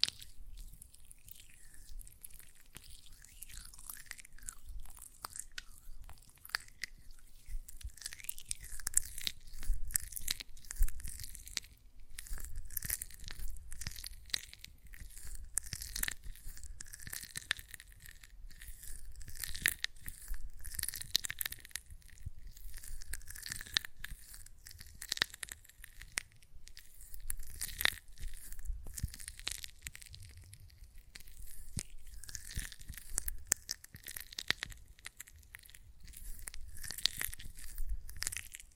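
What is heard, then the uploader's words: Hands work a gel lotion, producing a continuous run of wet, sticky squelches and crackling smacks that come quickly and irregularly throughout. A faint low hum sits underneath for the first twelve seconds, then drops away while the slick rubbing carries on. ASMR Gel Lotion Hand Sounds (No Talking).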